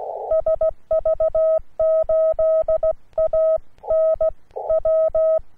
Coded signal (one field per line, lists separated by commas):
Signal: Morse code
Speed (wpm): 16 wpm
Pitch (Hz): 640 Hz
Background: none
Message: SV8ANW